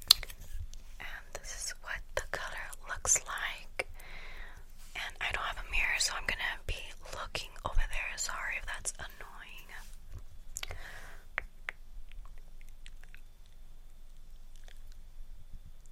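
Lipstick is applied very close up, with wet, sticky lip smacks and small clicks coming in quick, irregular bursts for about twelve seconds. After that the sounds thin out to a few faint clicks over a low, quiet hum.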